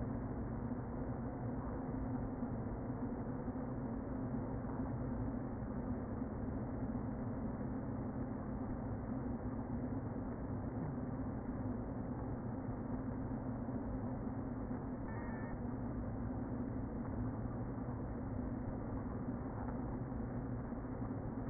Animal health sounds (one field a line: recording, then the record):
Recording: honeybee colony, microphone inside the hive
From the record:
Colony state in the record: queen present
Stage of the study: before two queens were removed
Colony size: about 60,000 bees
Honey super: yes